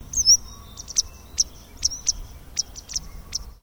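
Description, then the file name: Tit calling: a sequence of very high, thin, sharp notes, some short and clipped, others drawn out into a brief whistle, repeated irregularly throughout. "BIRD TIT CALL SEQUENCE"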